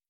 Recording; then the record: hydrophone in a shrimp aquaculture tank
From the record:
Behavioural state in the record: feeding